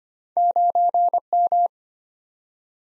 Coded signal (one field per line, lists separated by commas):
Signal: Morse code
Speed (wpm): 25 wpm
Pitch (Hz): 700 Hz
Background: none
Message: 9M